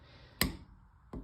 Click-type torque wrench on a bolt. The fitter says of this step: right there you hear the click you just go until it clicks in on this specific wrench it only clicks once and